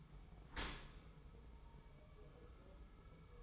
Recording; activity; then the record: daily activity, microphone in the room; open dishwasher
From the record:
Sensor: 1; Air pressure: 1015.0 hPa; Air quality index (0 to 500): 25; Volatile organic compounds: 0 ppm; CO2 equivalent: 500 ppm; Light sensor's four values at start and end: 13/30/12/13 and 13/30/12/13